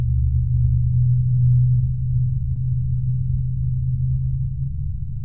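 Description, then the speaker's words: Blue whale call: one long, deep, steady hum holding a single low pitch for about five seconds over a soft rumbling background. Northern Indian Ocean population living around the shores of Sri Lanka. "So this is the sound of a northern Indian Ocean blue whale."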